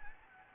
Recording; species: mosquito wingbeat signal from an infrared sensor; Anopheles gambiae